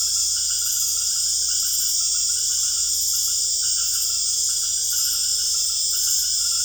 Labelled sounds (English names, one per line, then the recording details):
none
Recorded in secondary vegetation near Puerto Asís, Putumayo, Colombia, on 21 December 2024 at 19:00
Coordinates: 0.488, -76.319
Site GP04